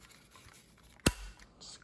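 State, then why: Seated. A plastic dust brush attachment is pushed onto the nozzle of a NEQUARE cordless handheld vacuum for dog and cat hair. After a quiet stretch of faint handling noise, a single sharp, loud click sounds at 1.1 s, followed by a brief rustle. The brush is seated on the nozzle.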